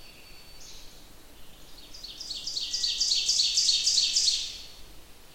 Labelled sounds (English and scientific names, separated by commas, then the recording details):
Ovenbird (Seiurus aurocapilla) song
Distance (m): 25 m
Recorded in boreal forest in Alberta, Canada, on 28 June 2016 at 06:39
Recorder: SongMeter 3, array SBT-6-79
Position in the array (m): 49 m, 110 m
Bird 40